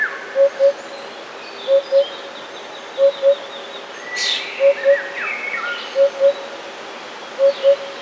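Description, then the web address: Eurasian hoopoe hooting in steady low pairs about every 1.3 seconds, with other birds singing and one brief sharp burst of noise midway. "wroblowe kolekcja dudek"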